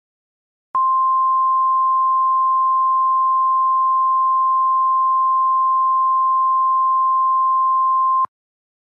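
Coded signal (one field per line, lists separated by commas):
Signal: Emergency Alert System (SAME) tones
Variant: 1050 Hz attention tone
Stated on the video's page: Fictional EAS scenario, a simulated alert remade from another creator's version.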